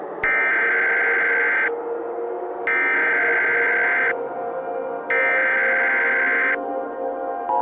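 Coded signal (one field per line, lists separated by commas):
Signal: Emergency Alert System (SAME) tones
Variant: header bursts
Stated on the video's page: Fictional EAS scenario made for entertainment, not a real event.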